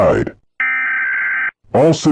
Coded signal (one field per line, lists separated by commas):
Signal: Emergency Alert System (SAME) tones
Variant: header bursts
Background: speech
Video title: EAS Scenario: National Lockdown